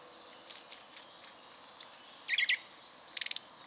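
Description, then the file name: Eurasian nuthatch calls: spaced thin high ticks, then a short cluster of lower piping notes and a closing rapid high chatter, against a quiet hissy background. "Sitta europaea"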